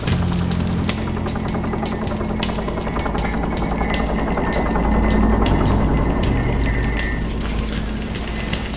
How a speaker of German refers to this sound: Der Hubschrauber war mit 200 Metern weit unterhalb der empfohlenen Flughöhe unterwegs. Es war 4 Uhr morgens. Die britische Armee hatte mich und die halbe Stadt mit einer großkotzigen Machtdemonstration aufgeweckt.